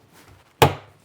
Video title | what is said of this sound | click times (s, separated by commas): How to Calibrate a Drone Seeding System on Talos: Easy Step-by-Step Tutorial for Beginners | You heard it snap into place. | 0.6 s